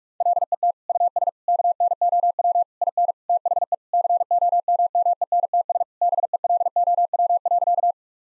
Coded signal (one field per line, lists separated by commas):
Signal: Morse code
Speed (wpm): 46 wpm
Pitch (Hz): 700 Hz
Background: none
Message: LET US KNOW IN THE COMMENTS BELOW.